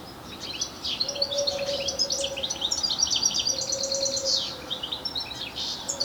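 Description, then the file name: European goldfinch chattering, fast high tinkling notes and buzzy trills in an almost unbroken stream, with a faint low hum coming and going. "Carduelis carduelis"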